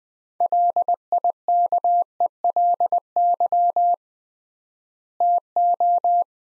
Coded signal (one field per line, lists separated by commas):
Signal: Morse code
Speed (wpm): 20 wpm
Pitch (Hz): 700 Hz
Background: none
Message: LIKELY TO